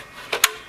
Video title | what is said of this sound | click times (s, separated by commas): نحوه stack کردن سوییچ 3750 | second power supply goes in something you hear a snap in place | 0.3 s, 0.4 s